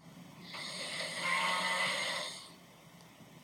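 Loud adult snoring in the middle of the night: one long, harsh, rattling breath noise with a low buzzing tone, then a brief snort.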